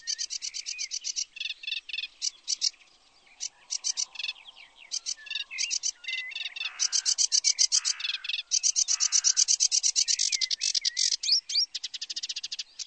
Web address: chants Phragmite des joncs